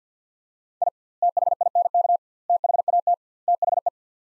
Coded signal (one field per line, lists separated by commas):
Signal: Morse code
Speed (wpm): 50 wpm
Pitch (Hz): 700 Hz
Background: none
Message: I THINK THAT THE